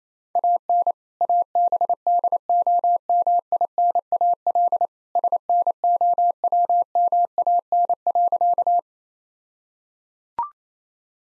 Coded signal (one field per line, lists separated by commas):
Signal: Morse code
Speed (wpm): 27 wpm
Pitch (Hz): 700 Hz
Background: none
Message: AN ABDOMINAL SNOWMAN.